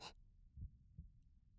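A normal heartbeat heard with the ear at an adult woman's chest: two soft, low thuds of a single beat.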